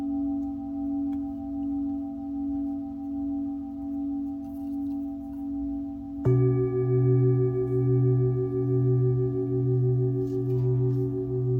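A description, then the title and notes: A Tibetan singing bowl rings with a steady layered hum and a slow, gentle wavering in volume. Just past six seconds a second, lower bowl is struck, adding a deeper pulsing drone that swells louder and beats steadily until the end. Tibetan Singiing Bowl のサウンドヒーリングチャンネル LIVE.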